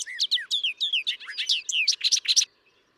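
Bobolink song: a brisk series of twangy swoops giving way to bright, buzzy, metallic notes, then quiet.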